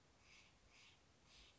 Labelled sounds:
Steller's Jay (Cyanocitta stelleri)

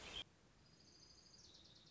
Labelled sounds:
Orange-crowned Warbler (Leiothlypis celata)

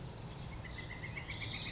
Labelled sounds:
Northern Flicker (Colaptes auratus)

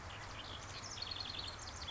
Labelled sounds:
House Wren (Troglodytes aedon)

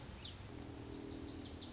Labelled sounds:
Lazuli Bunting (Passerina amoena)

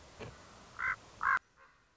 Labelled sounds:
Common Raven (Corvus corax)

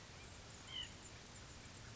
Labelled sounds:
White-breasted Nuthatch (Sitta carolinensis)

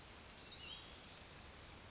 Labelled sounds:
Western Flycatcher (Empidonax difficilis)

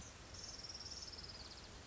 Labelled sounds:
Orange-crowned Warbler (Leiothlypis celata)

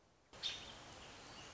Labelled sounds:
American Robin (Turdus migratorius)

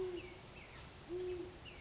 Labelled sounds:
Great Horned Owl (Bubo virginianus)

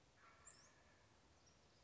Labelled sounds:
Wild Turkey (Meleagris gallopavo)

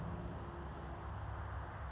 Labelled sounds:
California Towhee (Melozone crissalis)

